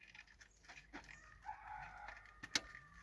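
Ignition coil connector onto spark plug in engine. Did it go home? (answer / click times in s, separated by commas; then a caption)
yes / 2.6 s. After the spark plug in a Renault Kangoo engine is treated with anti-corrosion spray, the ignition coil connector is pushed back onto the plug. Soft scraping and light ticks lead to a sharp click at 2.6 s as the connector snaps home and seats.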